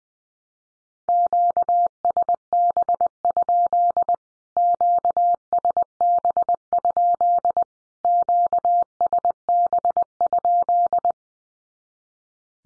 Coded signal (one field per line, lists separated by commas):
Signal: Morse code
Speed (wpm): 20 wpm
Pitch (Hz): 700 Hz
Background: none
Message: QSB? QSB? QSB?